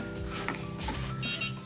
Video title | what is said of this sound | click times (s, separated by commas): 2025 Surprise! First Time Unboxing The GP130 Carry-On Wheelchair | so just slide the battery in and it just locks into place light turns on | 0.5 s